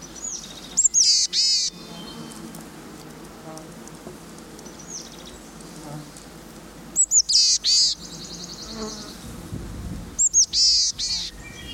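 Boreal chickadee calls: three bursts of high thin introductory notes followed by hoarse, buzzy, nasal dee notes, spaced several seconds apart, over soft background hiss.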